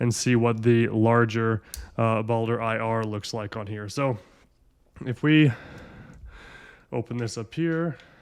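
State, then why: Not seated. Someone talks while handling the larger weapon light, a Baldr IR, and opening its quick-release lever to mount it on a pistol accessory rail. Between the bursts of speech there are only faint handling noises. The clip ends before the light goes home, so nothing has seated or clicked yet.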